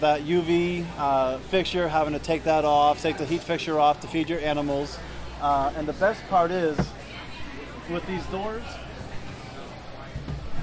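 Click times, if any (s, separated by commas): none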